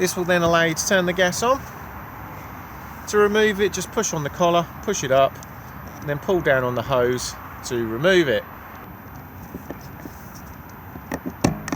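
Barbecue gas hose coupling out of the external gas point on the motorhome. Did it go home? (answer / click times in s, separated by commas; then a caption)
released / 11.5 s. Someone talks while a barbecue gas hose coupling is unlocked from the external gas point on a 2018 Benimar Tessoro T-481 motorhome: the collar on the outlet is pushed up and the hose is pulled down. A sharp metallic release click sounds at 11.5 s, followed by quick handling noises at about 11.7 s. The quick-connect hose is released from the outlet.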